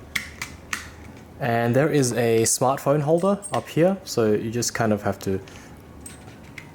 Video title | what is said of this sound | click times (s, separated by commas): MUWI Pocketable Motorised Slider Review | there's four wheels they just click in this place like this and there | 0.2 s, 0.4 s, 0.7 s